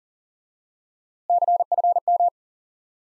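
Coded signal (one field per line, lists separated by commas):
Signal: Morse code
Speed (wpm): 38 wpm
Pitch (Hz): 700 Hz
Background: none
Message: CFM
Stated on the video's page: High-speed QRQ Morse lesson drilling one common QSO element repeated, for instant word recognition.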